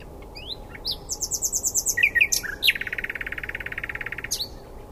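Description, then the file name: Common nightingale song: a series of repeated high notes, a few sharp varied notes, then a long rapid rattle and a short sharp note at the end. "Luscinia megarhynchos"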